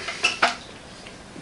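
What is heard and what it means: The under lever of a Remington Warhawk spring-piston air rifle is closed, and its catch engages into the stock and cylinder with metal clacks at 0.3 s and 0.4 s, followed by a faint tick near 1.1 s. The catch latches and holds securely, but the click is dull and non-descript rather than sharp, possibly from misalignment caused by looseness in the under lever.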